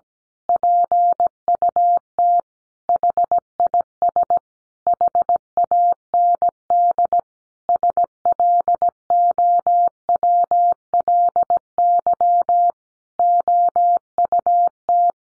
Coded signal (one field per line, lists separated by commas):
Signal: Morse code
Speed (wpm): 17 wpm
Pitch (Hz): 700 Hz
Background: none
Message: PUT HIS HAND SLOWLY OUT